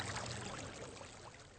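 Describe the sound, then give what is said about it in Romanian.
Steady running water from the Elisenbrunnen, a drinking fountain from 1827 whose water is drinkable, a soft continuous splashing and trickling with no speech, holding an even level throughout. “Das hier ist der Elisenbrunnen aus dem Jahre 1827. Und das Wasser kann man trinken.”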